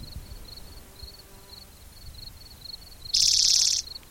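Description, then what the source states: Spotted Towhee song: a single loud buzzy trill near the end, after a steady series of faint, high, insect-like pulses. Individual number 8, Black's Creek, 16 June 2010, around 4:30 in the afternoon; vocalizations counted aloud, this one numbered 72.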